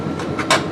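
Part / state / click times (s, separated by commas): tail light housing clips into truck body / not seated / none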